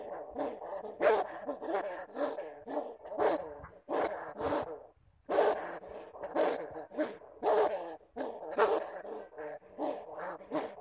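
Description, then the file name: Bamboo rat giving a string of harsh, rasping cries, with a pause midway. "Tieng dui keu"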